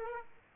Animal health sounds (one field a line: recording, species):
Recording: mosquito wingbeat signal from an infrared sensor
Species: Aedes aegypti